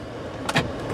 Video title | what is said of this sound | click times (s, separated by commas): இந்த 5 ⭐ star rating காரைப் பற்றி கொஞ்சம் உண்மையை பேசுவோமா!! | உங்களுக்கு சவுண்ட் வந்துச்சு இல்லையா சோ நாலு டோரும் லாக் ஆயிடுச்சு அப்படின்னு நம்ம சாட்டிஸ்பைடா இருக்கோம் | 0.5 s, 0.6 s